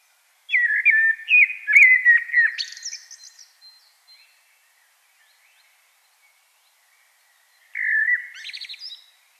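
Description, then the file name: Common blackbird song: a fluty warbled phrase closing in a high scratchy twitter, a long silence, then a shorter phrase with a squeaky ending. "Turdus merula"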